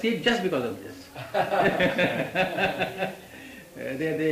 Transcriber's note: laughter